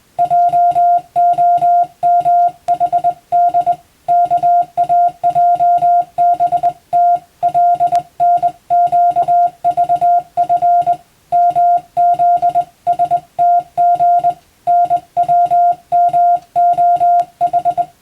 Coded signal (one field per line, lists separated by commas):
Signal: Morse code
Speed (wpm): 21 wpm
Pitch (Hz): 700 Hz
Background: music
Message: JOMHD KAJBT LNQVF MZSTG NWMOH